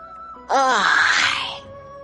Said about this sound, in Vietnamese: Lăng Phong ngáp một cái thật là dài.